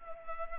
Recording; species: mosquito wingbeat signal from an infrared sensor; Culex pipiens